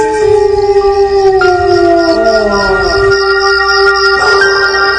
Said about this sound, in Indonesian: Hanya terdengar suara binatang malam saja. Sesekali ada suara lolongan anjing di malam hari.